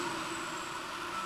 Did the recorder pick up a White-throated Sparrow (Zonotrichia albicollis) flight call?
no